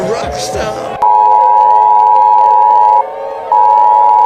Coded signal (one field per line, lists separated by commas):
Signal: Emergency Alert System (SAME) tones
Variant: 853 and 960 Hz attention tone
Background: speech